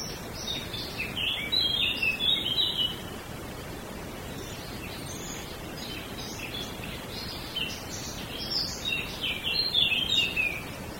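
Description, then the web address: Small birds sing two lively bouts of high, rapid chirping twitters, at the start and toward the end, with softer chirps between, over constant background hiss. Small birds in a wood. "audio bosco Uccellini bosco e moscone"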